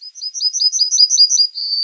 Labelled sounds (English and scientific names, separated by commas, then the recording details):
Yellowhammer (Emberiza citrinella) song
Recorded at under 5 m from the bird
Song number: 101